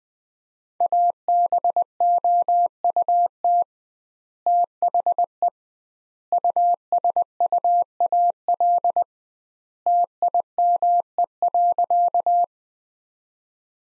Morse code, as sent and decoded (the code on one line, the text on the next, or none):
.- -... --- ..- - / - .... . / ..- ... ..- .- .-.. / - .. -- . .-.-.-
ABOUT THE USUAL TIME.